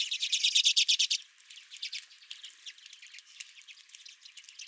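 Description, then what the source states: Redpoll calls, a loud burst of fast rattling chips in the first second, then softer scattered twitters. Several redpolls at the recordist's feeder.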